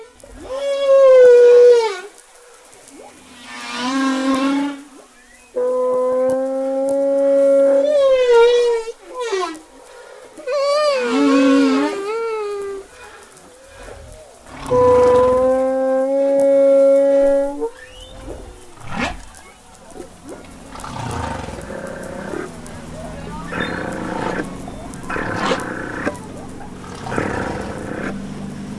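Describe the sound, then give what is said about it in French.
A person imitates humpback whale song with their voice: long sustained moans, wavering glides and squeaky upward swoops in repeated phrases, followed by softer, noisier murmuring toward the end. “Alors, baleine à bosse, top.”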